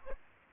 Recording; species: mosquito wingbeat signal from an infrared sensor; Aedes aegypti